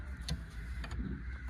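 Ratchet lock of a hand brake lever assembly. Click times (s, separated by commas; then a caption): 0.3 s. A mechanic works the removed hand brake lever assembly of a Tata Harrier, whose small cable head was cut, moving the lever after pressing the center pin to release the lock. The ratchet pawl locks with a sharp click at 0.3 s, followed by two softer ticks near 0.8 and 0.9 s over a low steady hum. The lever's ratchet is locked.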